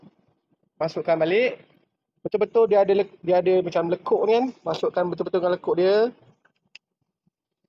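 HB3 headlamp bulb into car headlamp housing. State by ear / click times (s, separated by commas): seated / 6.8 s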